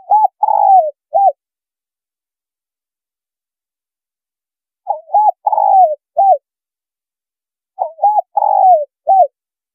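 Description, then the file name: Spotted dove cooing, a low phrase of two short notes, a longer falling coo and a final short note, given three times with pauses between. Female bird. "Tieng cu gay mai"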